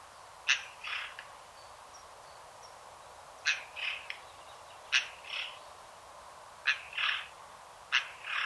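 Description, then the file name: Eurasian jay calling repeatedly, each call a sharp click followed by a hoarse rasp, over steady hiss. "Garrulus glandarius"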